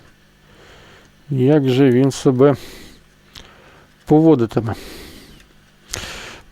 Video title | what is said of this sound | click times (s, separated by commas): Дрібний ремонт та тестування плеєру Sony Walkman WM-EX150 | поки що не встав на місце | none